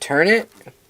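Someone talks briefly while turning the plastic part of a toy sonic screwdriver into its housing, followed by quiet handling and a faint tap at the very end, around 1.0 s. Nothing has seated or clicked yet; the part is not yet home.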